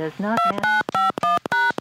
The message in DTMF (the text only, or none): 2951#